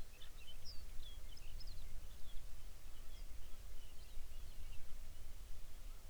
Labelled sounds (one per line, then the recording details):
songbird
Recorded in the Arctic National Wildlife Refuge, Alaska, on 23 May 2019 at 05:15
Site 49